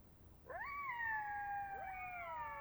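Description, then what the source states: Black-backed jackal howl sweeping sharply up, then held and slowly sinking, with a second voice rising in and gliding down alongside it. Group chorus of calls.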